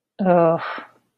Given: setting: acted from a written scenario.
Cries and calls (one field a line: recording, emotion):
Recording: vocal sound without words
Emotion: contempt